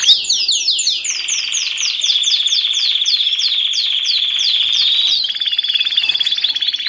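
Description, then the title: Canary song with a series of sharp down-slurred notes over a long steady buzzing trill, followed by a faster trilled phrase. Canary singing actively (gacor), a masteran recording used as song-tutoring material for other birds, with full varied song content (isian). "mster Mnuk. Suara Kenari Gacor - Masteran Kenari Gacor Full Isian"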